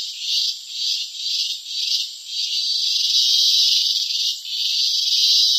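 Cicada song, a shrill buzz pulsing roughly twice per second, then merging into a long sustained drone with one short break.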